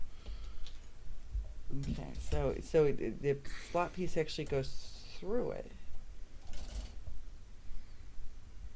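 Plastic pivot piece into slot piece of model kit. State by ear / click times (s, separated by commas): not seated / none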